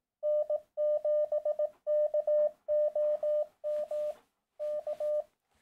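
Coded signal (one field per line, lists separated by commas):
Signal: Morse code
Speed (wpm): 18 wpm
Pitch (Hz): 600 Hz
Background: none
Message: N7KOM K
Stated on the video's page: Morse sent so the Reverse Beacon Network will hear and spot the station, for SOTA and POTA activations.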